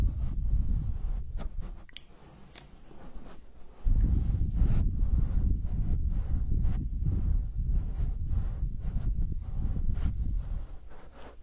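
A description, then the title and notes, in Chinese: Hand massage: low, dense rubbing and brushing strokes with frequent short skin sounds, a quieter lull near two to four seconds, then steady friction. 手部按摩3（声控助眠）。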